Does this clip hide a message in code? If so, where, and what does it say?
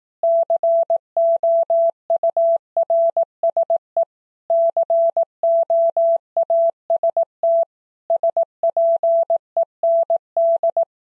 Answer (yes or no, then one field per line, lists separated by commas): yes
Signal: Morse code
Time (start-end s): 0.2-10.8 s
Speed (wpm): 18 wpm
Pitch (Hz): 670 Hz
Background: none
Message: COURSE COAST SPEND